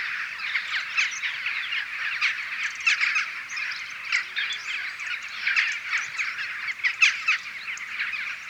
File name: Western Jackdaw Coloeus monedula